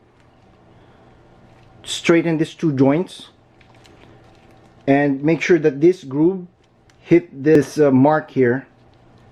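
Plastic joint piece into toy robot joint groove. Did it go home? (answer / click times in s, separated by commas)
no / none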